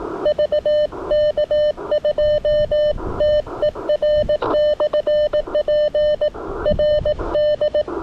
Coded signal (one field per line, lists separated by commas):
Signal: Morse code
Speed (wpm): 18 wpm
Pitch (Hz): 590 Hz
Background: radio noise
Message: VK2TER/P RD